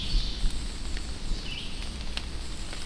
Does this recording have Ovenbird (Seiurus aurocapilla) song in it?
no